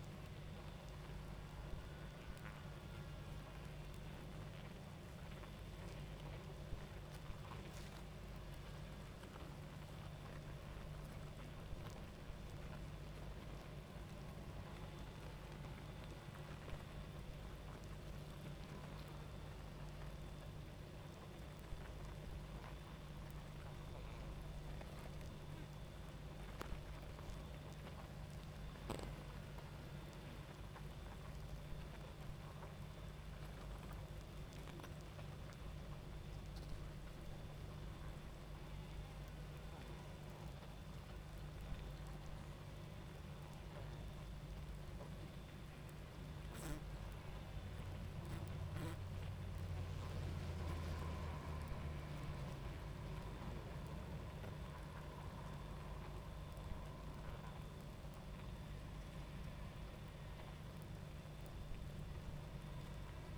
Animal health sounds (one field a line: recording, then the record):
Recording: honeybee colony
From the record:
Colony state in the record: active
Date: 28 July 2017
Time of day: 23:22